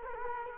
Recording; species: mosquito wingbeat signal from an infrared sensor; Culex quinquefasciatus